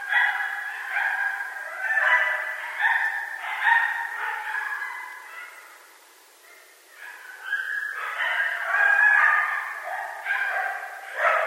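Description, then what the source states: Coyotes howling and yipping together in a dense, quavering chorus that fades briefly around the middle, then swells again with sharp high yelps. Several coyotes recorded on 24 March 2012.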